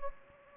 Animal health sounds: mosquito wingbeat signal from an infrared sensor; Anopheles gambiae

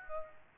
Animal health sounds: mosquito wingbeat signal from an infrared sensor; Aedes aegypti

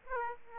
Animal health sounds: mosquito wingbeat signal from an infrared sensor; Aedes aegypti

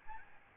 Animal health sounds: mosquito wingbeat signal from an infrared sensor; Aedes albopictus

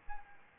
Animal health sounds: mosquito wingbeat signal from an infrared sensor; Anopheles arabiensis

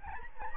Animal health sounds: mosquito wingbeat signal from an infrared sensor; Aedes albopictus

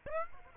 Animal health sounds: mosquito wingbeat signal from an infrared sensor; Aedes aegypti

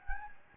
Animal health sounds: mosquito wingbeat signal from an infrared sensor; Anopheles gambiae

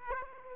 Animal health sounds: mosquito wingbeat signal from an infrared sensor; Aedes aegypti

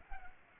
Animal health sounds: mosquito wingbeat signal from an infrared sensor; Culex pipiens

